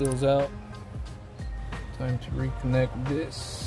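A fuel line quick-connect on the engine fuel rail of a 2007 Trailblazer 4.2L LL8 engine is handled after the fuel injectors were swapped, while someone talks over background music. Nothing has seated or clicked yet.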